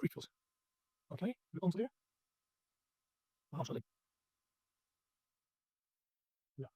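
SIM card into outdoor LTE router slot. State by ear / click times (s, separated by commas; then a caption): not seated / none. A SIM card is being lined up at the slot of a Cudy LT400 outdoor LTE router before it is pushed in. Someone talks in short bursts separated by silence. Nothing has seated or clicked yet.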